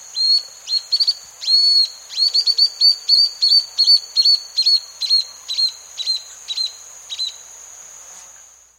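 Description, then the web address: Pied puffbird giving a fast, uneven series of high, sharp whistled notes for about seven seconds, fading at the end, over a constant thin high-pitched hum. South America. "Natures Songs S America Pied Puffbird"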